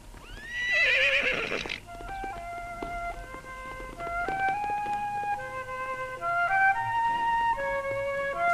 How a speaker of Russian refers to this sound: Варька, чувствуя погоню, пустила белую лошадь в галоп, направляясь к покосу с россыпями темных стогов.